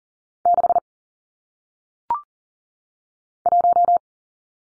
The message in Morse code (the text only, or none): 6 1